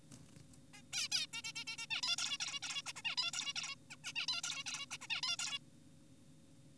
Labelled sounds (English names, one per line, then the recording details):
Zebra Finch
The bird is an adult
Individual g4p5U